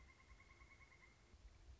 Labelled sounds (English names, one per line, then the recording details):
Pileated Woodpecker
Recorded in Sonoma County, California